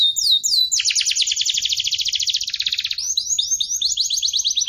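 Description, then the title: Canary song: a few swooping whistled notes, a long rapid trill of repeated downslurred notes, then slower swooping whistled phrases, continuous throughout. Training song for competition canaries. "Masteran Kenari Juara"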